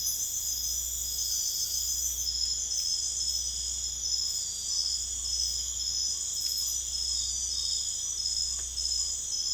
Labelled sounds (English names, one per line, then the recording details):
none
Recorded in secondary vegetation near Puerto Asís, Putumayo, Colombia, on 21 December 2024 at 01:00
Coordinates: 0.488, -76.319
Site GP04